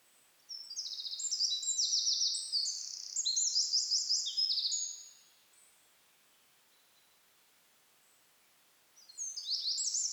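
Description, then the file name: Eurasian wren singing a long, loud burst of high rapid trills and warbled notes for nearly five seconds, a pause, then another song beginning. "Troglodytes troglodytes"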